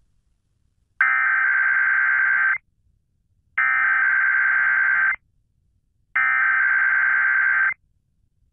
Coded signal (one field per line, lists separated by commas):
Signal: Emergency Alert System (SAME) tones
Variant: header bursts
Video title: KDKA Required Weekly Test (October 16, 2022) (EAS #669)